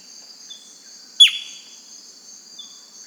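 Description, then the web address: Bird call: one sharp, loud note sweeping steeply downward, with a brief thin whistle near the end, over a steady high insect drone. "BIRD 2015 SABIOD 50 bird 2015"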